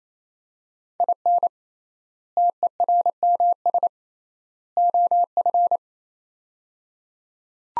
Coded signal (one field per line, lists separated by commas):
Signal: Morse code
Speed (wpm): 28 wpm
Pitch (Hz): 700 Hz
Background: none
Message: IN TERMS OF